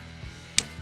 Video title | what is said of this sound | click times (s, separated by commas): DIY 2018-2025 Toyota Camry Turn Signal Bulb Replacement - Replace Camry Front Turn Signal Bulb | Once the bulb is slided in, then we press the bulb to a point until we hear a clicking sound. | 0.6 s